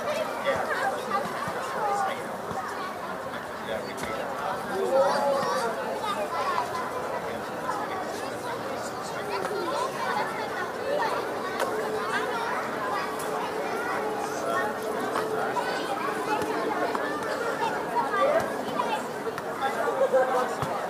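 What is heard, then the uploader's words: Children play amid a steady, dense chatter of many overlapping voices that never pauses across the whole stretch. Occasional brighter shouts or squeals poke above the murmur, around five seconds and again near eighteen and twenty seconds, while the overall level stays even. Audio Journeys of Berlin: Summer Evening Joy and Child Play.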